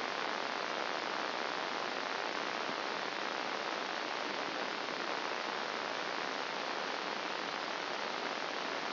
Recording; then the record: brain microelectrode recording played as sound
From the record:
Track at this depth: inside the subthalamic nucleus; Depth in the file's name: 1.905 mm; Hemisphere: left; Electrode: 2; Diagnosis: Parkinson's disease